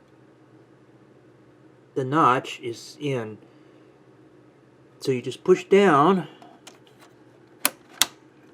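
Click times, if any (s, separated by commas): 7.7 s, 8.0 s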